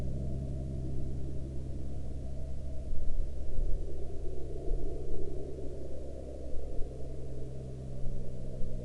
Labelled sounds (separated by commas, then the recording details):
aircraft
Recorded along the Dempster Highway, Canada, on 19 March 2020 at 11:20
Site 17